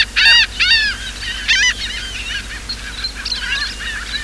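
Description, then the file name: Laughing gull calls: a quick series of loud, nasal, harmonic notes that slur downward, followed by fainter overlapping gull calls. Recorded on 14 April 2006. "2006-04-14-1-laughing gull"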